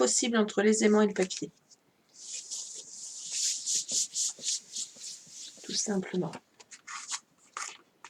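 A paper card pouch flap with magnets glued in, keeping as little thickness as possible between the magnets and the paper, is handled. Someone talks, followed by steady rubbing and scraping of paper from about 2 to 6 s, more talk, and a few short taps near the end. Nothing has snapped shut or seated yet.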